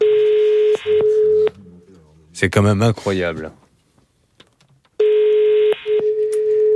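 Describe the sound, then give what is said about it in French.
A steady, mid-pitched electronic ringback tone pulses on a phone line during a call to the customer service line of the Norwegian company, after choosing the option for English-speaking agents, stops for a brief spoken remark, then starts ringing again in the same buzzy cadence. “T'as même la sonnerie, elle est au bout de parcours, dis donc.”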